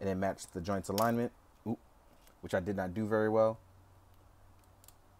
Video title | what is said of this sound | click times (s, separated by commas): Bandai S.H. Figuarts Batman The Dark Knight Ver. Review | but you're going to wait because you won't hear it actually snap it in also the joint actually folds out as well | 4.8 s, 4.9 s